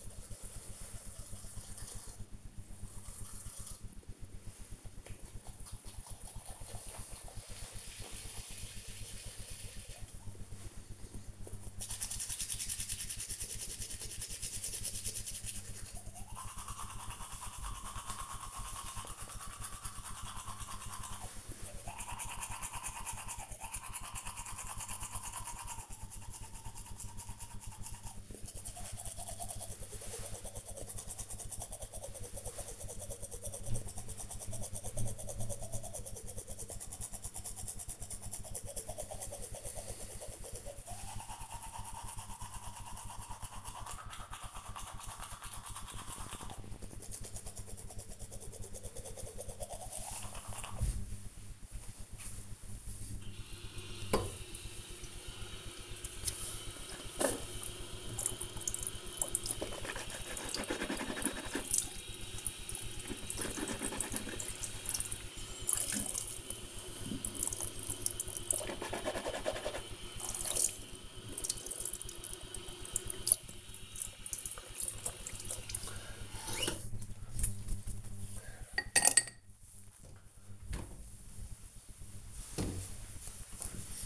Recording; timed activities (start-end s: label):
household activities, microphone on the right wrist
0.00-79.75 s: brushing teeth